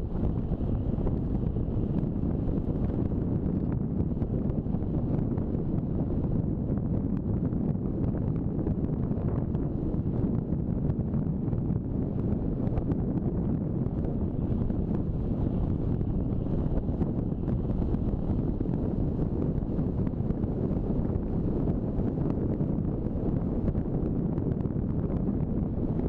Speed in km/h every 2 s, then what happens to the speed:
39, 37, 36, 36, 35, 36, 37, 38, 39, 40, 41, 40, 39.
0-26 steady at about 38.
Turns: none.